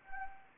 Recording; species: mosquito wingbeat signal from an infrared sensor; Anopheles gambiae